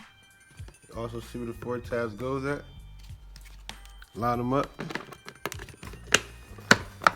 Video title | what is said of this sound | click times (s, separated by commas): First Drive Ride On Slingshot - Assembly Tutorial | You hear it snap? | 6.2 s, 6.7 s, 7.1 s